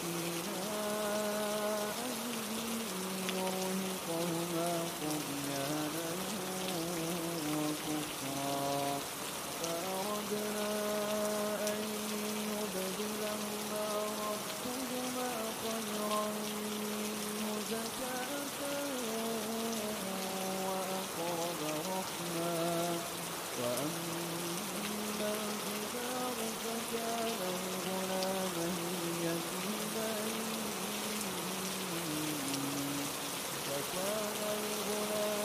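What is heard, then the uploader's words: Rain falls in a steady, dense hiss that stays even from start to finish, with no gaps or bursts. Over it runs a low, sustained melodic tone, held notes that slide and step between pitches every few seconds throughout. Immerse yourself in the melodic verses of the Quran, delicately recited by renowned scholars, as gentle raindrops provide a comforting backdrop. Soothing rain sounds.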